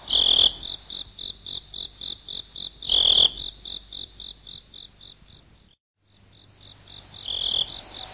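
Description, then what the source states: Slowed cricket chirps: a long run of evenly spaced high pulses, a brief silent gap, then the pulsing resumes and swells again. Slowed recording.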